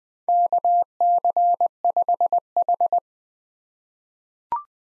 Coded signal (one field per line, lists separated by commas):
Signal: Morse code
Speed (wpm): 20 wpm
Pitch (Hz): 700 Hz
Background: none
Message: KC5H